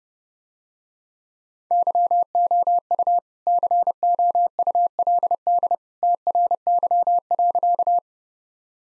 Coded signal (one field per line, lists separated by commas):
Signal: Morse code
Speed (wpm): 30 wpm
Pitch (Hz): 700 Hz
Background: none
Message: YOU COULD TRY.